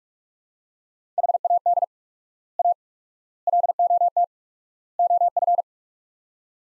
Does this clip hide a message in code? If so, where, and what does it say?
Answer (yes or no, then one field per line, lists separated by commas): yes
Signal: Morse code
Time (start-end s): 1.2-5.6 s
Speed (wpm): 41 wpm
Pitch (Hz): 700 Hz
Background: none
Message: HAD A LOT OF